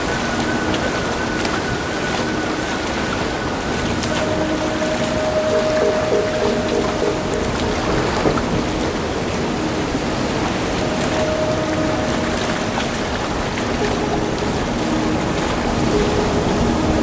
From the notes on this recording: audio recording from a sail trip that ended with a bad thunder storm rain at the bavarian lake Chiemsee, near the alps